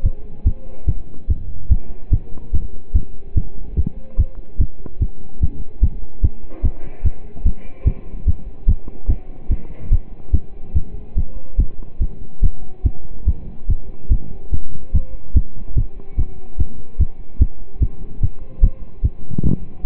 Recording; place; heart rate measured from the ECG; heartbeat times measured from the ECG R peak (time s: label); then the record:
heart sounds by stethoscope; between the tricuspid and mitral areas; 145 bpm
0.04 s: heartbeat
0.46 s: heartbeat
0.87 s: heartbeat
1.29 s: heartbeat
1.71 s: heartbeat
2.12 s: heartbeat
2.53 s: heartbeat
2.95 s: heartbeat
3.36 s: heartbeat
3.77 s: heartbeat
4.18 s: heartbeat
4.60 s: heartbeat
5.01 s: heartbeat
5.41 s: heartbeat
5.82 s: heartbeat
6.23 s: heartbeat
6.64 s: heartbeat
7.04 s: heartbeat
7.45 s: heartbeat
7.86 s: heartbeat
8.27 s: heartbeat
8.68 s: heartbeat
9.09 s: heartbeat
9.50 s: heartbeat
9.91 s: heartbeat
10.33 s: heartbeat
10.75 s: heartbeat
11.17 s: heartbeat
11.59 s: heartbeat
12.01 s: heartbeat
12.43 s: heartbeat
12.85 s: heartbeat
13.27 s: heartbeat
13.69 s: heartbeat
14.11 s: heartbeat
14.52 s: heartbeat
14.94 s: heartbeat
15.35 s: heartbeat
15.77 s: heartbeat
16.18 s: heartbeat
16.59 s: heartbeat
17.00 s: heartbeat
17.41 s: heartbeat
17.81 s: heartbeat
18.22 s: heartbeat
18.62 s: heartbeat
19.03 s: heartbeat
19.44 s: heartbeat
19.85 s: heartbeat
From the record:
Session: pedaling a stationary bicycle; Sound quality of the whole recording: partially saturated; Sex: male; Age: 27 years